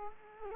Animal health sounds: mosquito wingbeat signal from an infrared sensor; Culex quinquefasciatus

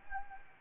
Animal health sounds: mosquito wingbeat signal from an infrared sensor; Anopheles gambiae

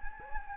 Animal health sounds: mosquito wingbeat signal from an infrared sensor; Anopheles gambiae

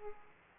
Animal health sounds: mosquito wingbeat signal from an infrared sensor; Aedes aegypti

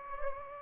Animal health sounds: mosquito wingbeat signal from an infrared sensor; Anopheles gambiae

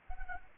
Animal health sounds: mosquito wingbeat signal from an infrared sensor; Anopheles arabiensis

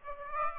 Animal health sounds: mosquito wingbeat signal from an infrared sensor; Aedes aegypti

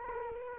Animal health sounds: mosquito wingbeat signal from an infrared sensor; Culex quinquefasciatus

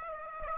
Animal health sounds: mosquito wingbeat signal from an infrared sensor; Aedes aegypti

